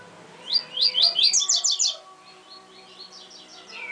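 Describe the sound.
Double-collared seedeater song: a quick burst of bright, slurred whistled notes for about a second and a half, then fainter high notes trailing off.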